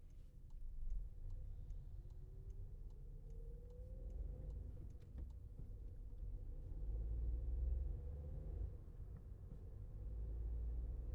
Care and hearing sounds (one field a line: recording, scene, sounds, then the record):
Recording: everyday scene through a hearing-aid microphone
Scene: in a vehicle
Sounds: engine, highway driving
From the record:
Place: Skoda Fabia, gasoline engine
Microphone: behind the ear, left, rear